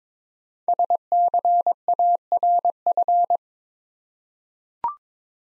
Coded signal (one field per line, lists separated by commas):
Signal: Morse code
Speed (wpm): 22 wpm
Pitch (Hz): 700 Hz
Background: none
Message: SCARF